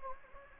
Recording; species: mosquito wingbeat signal from an infrared sensor; Anopheles gambiae